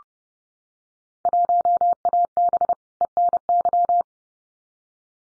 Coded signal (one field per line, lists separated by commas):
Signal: Morse code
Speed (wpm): 30 wpm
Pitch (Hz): 700 Hz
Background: none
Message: 1AB ENY